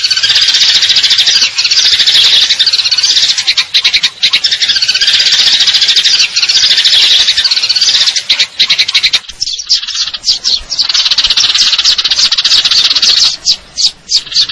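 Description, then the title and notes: Eurasian tree sparrow: long, rapid, high chirping trills, a short pause near nine seconds, then renewed chatter ending in separate sharp notes. Fighting call with long trills; clear-sound masteran training recording for contest birds. "GEREJA TARUNG NEMBAK PANJANG SUARA JERNIH MASTERAN WAJIB BURUNG LOMBA. Burung Gereja"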